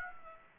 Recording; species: mosquito wingbeat signal from an infrared sensor; Aedes aegypti